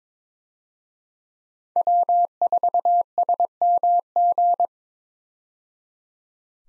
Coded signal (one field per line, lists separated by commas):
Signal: Morse code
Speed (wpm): 22 wpm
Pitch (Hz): 700 Hz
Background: none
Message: W4SMG